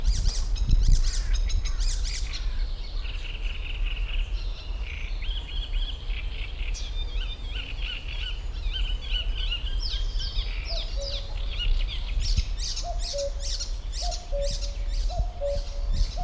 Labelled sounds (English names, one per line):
Icterine Warbler